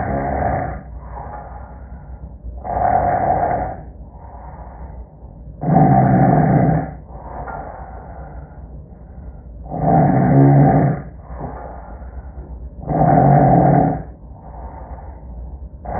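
Loud, rumbling snores from an adult sleeper recur about every three to four seconds, roughly five in sixteen seconds, with quieter breathing between, heard with active noise cancellation switched on and off.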